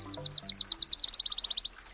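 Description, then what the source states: Wilson's Warbler song: a rapid chattering series of many high chips, faster and slightly lower toward the end. Tiny bright yellow bird, males look like they wear a little black beret; nests in summer in western forests and Canada's boreal zone; migrates south to Central America by night, navigating by the stars.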